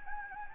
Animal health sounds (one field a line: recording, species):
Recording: mosquito wingbeat signal from an infrared sensor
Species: Anopheles gambiae